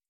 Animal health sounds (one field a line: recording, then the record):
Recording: hydrophone in a shrimp aquaculture tank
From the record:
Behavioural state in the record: starved